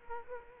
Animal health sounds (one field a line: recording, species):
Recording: mosquito wingbeat signal from an infrared sensor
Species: Culex quinquefasciatus